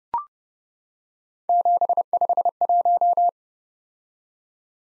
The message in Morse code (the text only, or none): 751